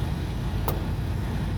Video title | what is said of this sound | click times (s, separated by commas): how to change a leaking airbag on a semi truck | and that one just snaps back in but you pull this tab out to pull it out it'll snap back in | 0.7 s